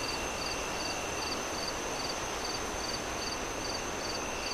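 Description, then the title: Cricket chirping, short high pulses repeating about every half second, under a steady roar of wind. Crickets chirping on a windy night as the moon rises, with wind howling through the trees. "Relaxing Crickets Sounds On A Windy Night"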